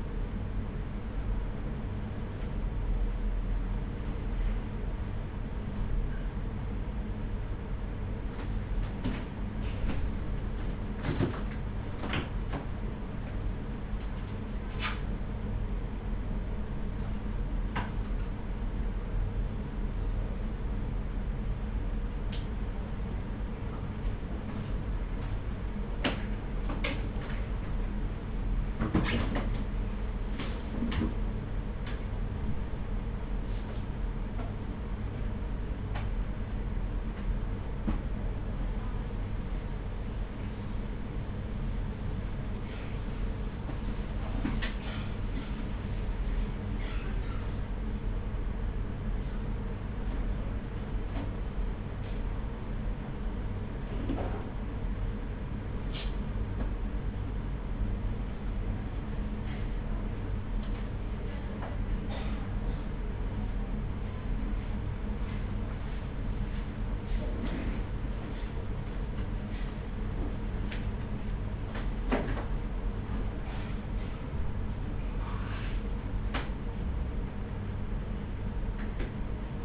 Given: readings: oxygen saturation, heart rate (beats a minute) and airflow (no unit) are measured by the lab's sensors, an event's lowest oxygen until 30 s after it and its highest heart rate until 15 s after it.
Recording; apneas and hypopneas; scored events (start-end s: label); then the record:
a person awake in a sleep study, by a smartphone at the bedside; none
0.00-79.64 s: awake
0.00-79.64 s: awake
From the record:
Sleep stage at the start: awake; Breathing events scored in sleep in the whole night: 210 in 6.9 hours asleep